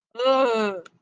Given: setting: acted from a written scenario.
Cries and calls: vocal sound without words; disappointment

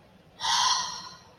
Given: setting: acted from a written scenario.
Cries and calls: vocal sound without words; contentment

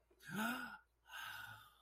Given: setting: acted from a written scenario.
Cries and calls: vocal sound without words; romantic love

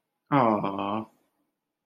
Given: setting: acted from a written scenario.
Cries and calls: vocal sound without words; adoration

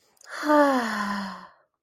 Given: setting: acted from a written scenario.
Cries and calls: vocal sound without words; ecstasy

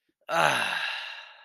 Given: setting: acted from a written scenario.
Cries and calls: vocal sound without words; ecstasy

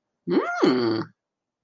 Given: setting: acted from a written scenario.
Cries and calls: vocal sound without words; interest

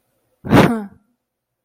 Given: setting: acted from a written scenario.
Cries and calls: vocal sound without words; anger

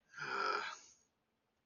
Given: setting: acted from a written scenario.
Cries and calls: vocal sound without words; guilt

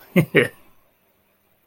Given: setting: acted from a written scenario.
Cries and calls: vocal sound without words; pride

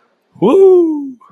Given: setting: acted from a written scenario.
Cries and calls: vocal sound without words; pride

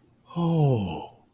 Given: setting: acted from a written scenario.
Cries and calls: vocal sound without words; awe

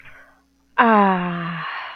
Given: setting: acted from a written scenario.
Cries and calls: vocal sound without words; ecstasy

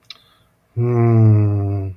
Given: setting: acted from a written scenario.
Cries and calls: vocal sound without words; romantic love

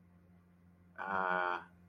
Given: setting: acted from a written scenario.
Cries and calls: vocal sound without words; confusion

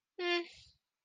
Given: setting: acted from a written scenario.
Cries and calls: vocal sound without words; neutral

